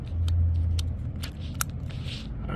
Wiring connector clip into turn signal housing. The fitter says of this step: right guys heard that snap then there's going to be a little hole